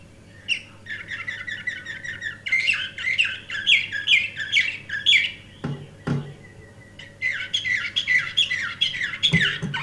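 Canary singing dense trills and repeated chirps in two long bursts separated by a short pause, with a few knocks and a low hum.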